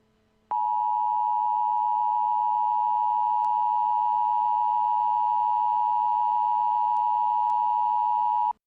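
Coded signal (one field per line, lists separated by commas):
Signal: Emergency Alert System (SAME) tones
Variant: 853 and 960 Hz attention tone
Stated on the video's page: Mock EAS alert, a simulated scenario, not a real activation.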